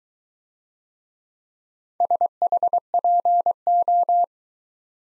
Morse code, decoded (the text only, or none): SHPO